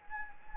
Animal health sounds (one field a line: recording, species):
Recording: mosquito wingbeat signal from an infrared sensor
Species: Anopheles gambiae